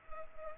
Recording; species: mosquito wingbeat signal from an infrared sensor; Culex pipiens